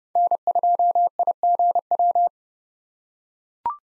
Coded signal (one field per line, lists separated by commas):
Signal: Morse code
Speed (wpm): 31 wpm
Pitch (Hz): 700 Hz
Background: none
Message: N2IGW